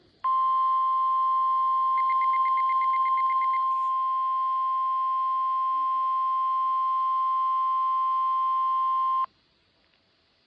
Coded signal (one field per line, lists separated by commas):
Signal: Emergency Alert System (SAME) tones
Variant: 1050 Hz attention tone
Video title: EAS: NWS Jackson, KY RWT (04/19/2025)